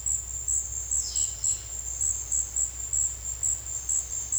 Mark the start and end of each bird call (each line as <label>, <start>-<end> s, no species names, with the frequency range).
bird call (1.9-6.3 kHz), 0.96-1.80 s